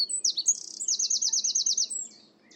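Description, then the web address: Bird song, one brisk high phrase: a few sharp notes, then a fast even trill that fades out. "cianscape birddata Deverinetal 2025"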